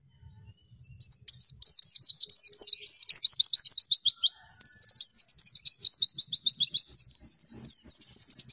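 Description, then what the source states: White-eye song beginning softly, then a steady run of fast, high, falling chirps and twittered trills, with short varied phrases toward the end. Kept white-eye singing loudly (gacor) with full rapid bursts (tembakan), used for song-training other caged birds.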